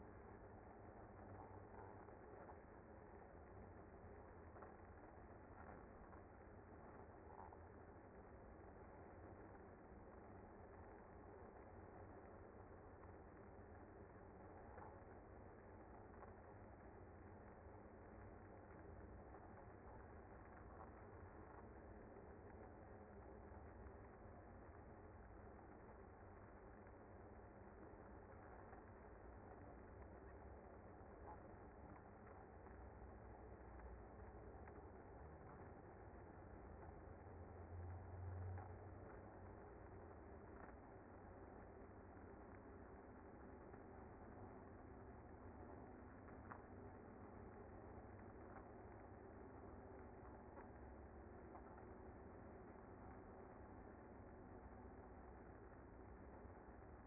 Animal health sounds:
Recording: honeybee colony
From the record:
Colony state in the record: active

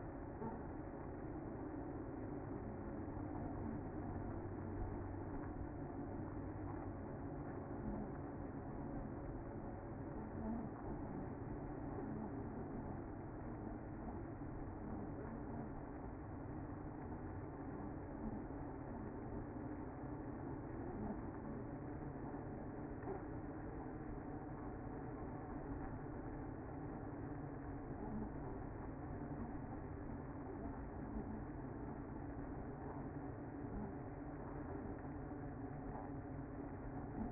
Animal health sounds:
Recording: honeybee colony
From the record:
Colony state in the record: active

